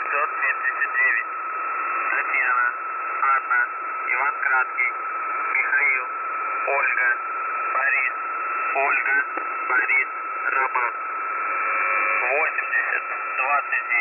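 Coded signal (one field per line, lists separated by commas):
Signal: coded military voice message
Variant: UVB-76, Russian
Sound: male Russian voice reading phonetic-alphabet names and number groups over radio, steady tone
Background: radio static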